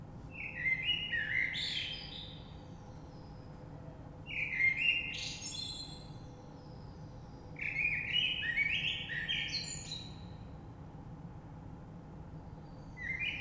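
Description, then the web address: Common blackbird song in repeated phrases roughly every four seconds, each a low mellow fluted start rising into scratchy high twitters; low steady background hum. Recorded 3 March 2020. "oiseaux Rush Merle 3-3-2020"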